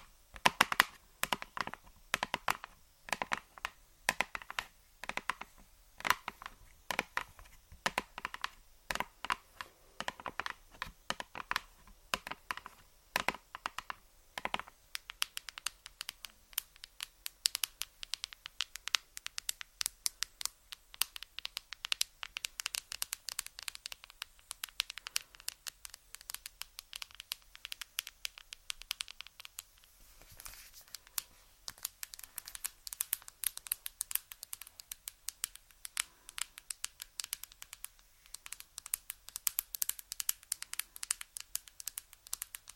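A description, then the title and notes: Fingernails tap rapidly on assorted objects. For the first fifteen seconds the taps are sharper and more spaced, with some fuller knocks; after that they turn into a denser, lighter, crinkly patter of bright clicks. ASMR Tapping On Random Objects. (Long Nails).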